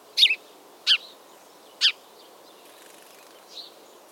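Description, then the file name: House sparrow giving sharp chirps, a doubled note followed by two single ones about a second apart, then a faint softer chirp near the end over steady low hiss. "Passer domesticus"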